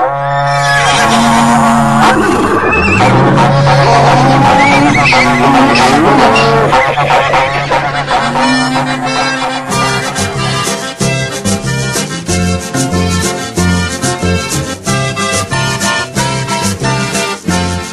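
A cattle horn sounds loud, drawn-out calls with wavering, sliding pitch, then gives way to a steady, rapid rhythmic clatter like trotting horses that continues to the end.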